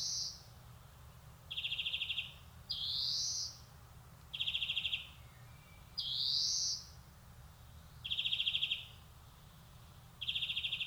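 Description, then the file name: European greenfinch song: drawn-out rising wheezes and rapid buzzing trills, mostly alternating, with gaps between and no other clear sounds. "Chloris chloris"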